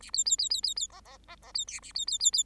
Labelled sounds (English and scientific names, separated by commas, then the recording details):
Bengalese Finch (Lonchura striata domestica) song
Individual Bird8